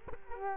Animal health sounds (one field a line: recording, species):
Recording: mosquito wingbeat signal from an infrared sensor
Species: Culex quinquefasciatus